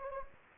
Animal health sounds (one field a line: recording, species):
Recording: mosquito wingbeat signal from an infrared sensor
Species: Anopheles gambiae